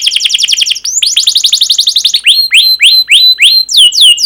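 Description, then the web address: Canary song: rapid repeated trilled notes, a second fast trill, then a slower run of loud downward-curving whistled notes repeated several times per second. Long 'pancingan' (lure) canary song, a tutor recording. "kenari pancingan panjang. masteran kenari"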